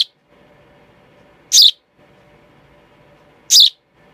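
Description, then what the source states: Sparrow chick giving brief piercing high chirps, one roughly every two seconds, over a quiet low hum. Young sparrow.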